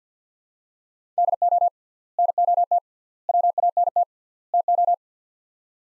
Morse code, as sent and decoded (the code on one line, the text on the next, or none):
-.. --- / -. --- - / .-- .- -. - / - ---
DO NOT WANT TO